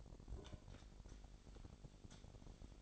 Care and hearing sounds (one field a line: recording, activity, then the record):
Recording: daily activity, microphone in the room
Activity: take from stove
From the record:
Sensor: 5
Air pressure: 1012.2 hPa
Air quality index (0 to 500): 239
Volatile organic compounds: 4 ppm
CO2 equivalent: 1589 ppm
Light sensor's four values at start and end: 51/114/50/55 and 53/118/51/55